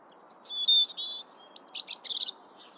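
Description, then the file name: European robin song phrase: clear high whistled notes, then a quick tumbling run of sharp, twittering trills lasting under two seconds. "Erithacus rubecula"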